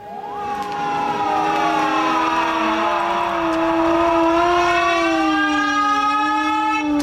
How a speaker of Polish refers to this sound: A w serwisie Warszawa, która jak co roku uczciła powstańczy zryw sprzed 73 lat. Szef MON-u o reparacjach, które należą się nam od Niemców. I zamach w Afganistanie. Wybrzmiały syreny, a warszawiacy stanęli w milczeniu.